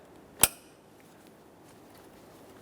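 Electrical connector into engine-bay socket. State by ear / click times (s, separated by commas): seated / 0.4 s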